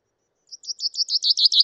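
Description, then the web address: Common chaffinch song opening: a brisk series of short repeated high notes growing louder, cut off after about a second. "Deverinetal 2025 File origin Bird Only Fr Co"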